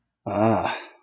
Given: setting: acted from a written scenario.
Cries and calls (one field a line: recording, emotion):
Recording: vocal sound without words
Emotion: negative surprise